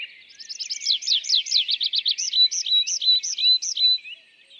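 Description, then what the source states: Tree pipit in full song: quick repeated descending notes, then a string of slower, clear whistled phrases, ending softly. Display flight song of a bird newly arrived from migration; La Sarcena, Val Drôme, France, 27 April 2020; sings from top of isolated tree by a meadow, rising then parachuting down; Nagra Seven, MKH40.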